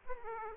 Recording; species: mosquito wingbeat signal from an infrared sensor; Aedes aegypti